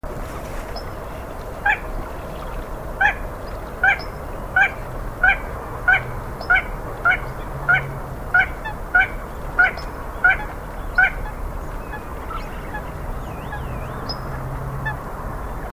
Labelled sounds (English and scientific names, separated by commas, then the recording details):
Little Crake (Porzana parva) song, Eurasian Coot (Fulica atra)
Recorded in the wild
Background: Fulica atra
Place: Berlin-Buch, Berlin, DE
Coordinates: 52.6331, 13.4842
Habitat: lake
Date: 2011-04-11 20:47
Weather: fair, 10°C, no wind
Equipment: Sound Devices 702, Sennheiser MKH 70, Rycote Windschutz
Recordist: Frommolt, Karl-Heinz
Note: Moorlinse Nähe S-Bahnhof Buch: Gesang eines Kleinen Sumpfhuhns